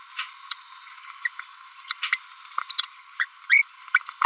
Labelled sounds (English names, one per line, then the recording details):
Green-rumped Parrotlet babbling
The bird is a female
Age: 30 days
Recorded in a nest box in Venezuela
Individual 17B42B3